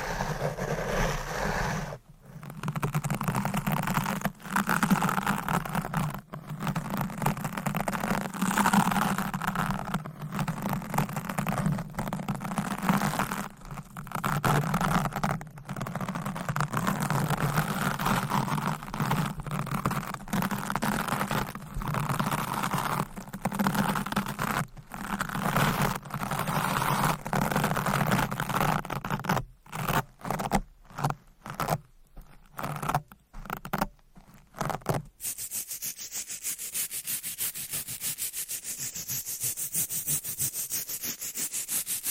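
Deep scratching and brushing strokes rub steadily with brief gaps, grow choppier near the end, then give way to a thin hiss.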